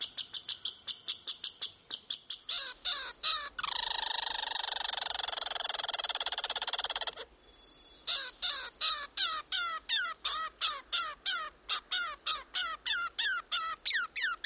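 Red squirrel calls: a long series of quick, dry chuck notes, broken by a few seconds of loud, hissing noise.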